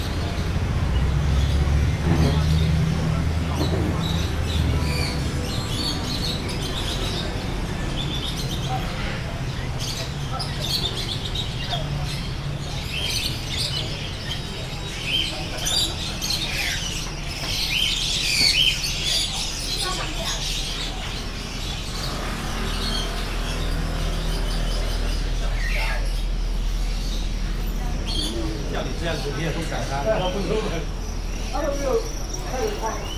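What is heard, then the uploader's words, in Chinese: Birds chirp and twitter nonstop along a busy bird street, their bright calls thickest midway through, around fifteen to twenty seconds. A low steady rumble of city traffic sits beneath, with faint voices talking now and then. The overall level stays even throughout. 都市叢林的鳥園_萬華鳥街。從捷運龍山寺站走出大馬路,位於台北市和平西路三段靠近三水街,這裡是人稱的萬華鳥街,原因是這裡販賣著家用的寵物鳥。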